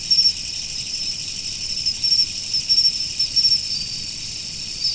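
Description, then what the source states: High insect trilling as a steady hum, broken by brief bursts of rapid chirps in runs of several pulses. Autumn insects.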